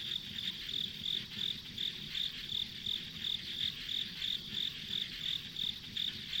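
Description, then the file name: Insect chirping, a steady high-pitched pulse repeating rapidly, over a soft low rumble and broad background hiss. Insects as ambient sound on a country road in the countryside. "田舎道の虫の環境音"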